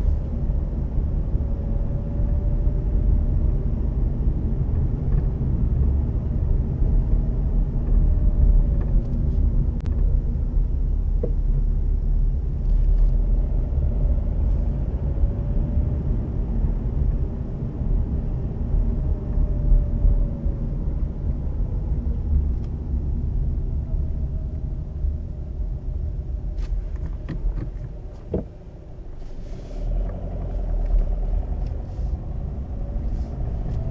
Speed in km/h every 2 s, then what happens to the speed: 26, 28, 29, 29, 23, 18, 21, 25, 29, 27, 23, 18, 11, 5, 0, 14, 15.
0-6 steady at about 28. 6-11 slows to 18. 11-16 speeds up to 29. 16-27 slows to 0. 28-34 pulls away to 15.